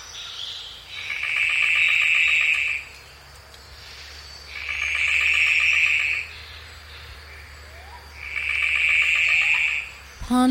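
Golden bowerbird with repeated grating, buzzy rattles of roughly two seconds, three in sequence with quieter gaps between them.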